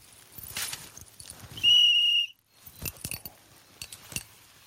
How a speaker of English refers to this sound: He's not around here. I was sure I heard his whistle. Oh, look, he was here. Here's the mail.